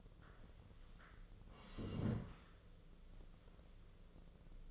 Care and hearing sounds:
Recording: daily activity, microphone in the room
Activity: sit down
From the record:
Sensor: 4

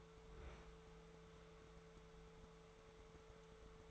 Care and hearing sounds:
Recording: daily activity, microphone in the room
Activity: open fridge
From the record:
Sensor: 3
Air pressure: 1014.8 hPa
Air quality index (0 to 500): 195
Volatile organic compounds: 26 ppm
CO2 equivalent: 2851 ppm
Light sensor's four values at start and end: 12/31/12/13 and 12/31/12/13

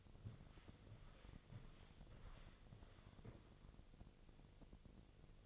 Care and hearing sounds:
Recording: daily activity, microphone in the room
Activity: walk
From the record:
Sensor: 4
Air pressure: 1001.3 hPa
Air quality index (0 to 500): 176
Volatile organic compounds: 2 ppm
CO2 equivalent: 1266 ppm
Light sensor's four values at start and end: 14/32/13/13 and 14/32/13/13

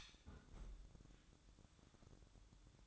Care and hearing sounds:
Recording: daily activity, microphone in the room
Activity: close fridge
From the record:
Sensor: 3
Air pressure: 1007.8 hPa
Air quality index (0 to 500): 78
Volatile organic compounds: 1 ppm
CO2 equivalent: 669 ppm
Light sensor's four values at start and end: 13/30/12/13 and 13/30/12/12

